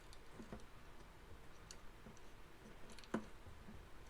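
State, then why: Not seated. A plastic part on an older-design transforming toy figure is pushed onto its peg, giving a few faint, light plastic ticks and taps over a quiet background. The part does not snap into place, and nothing has seated or clicked yet.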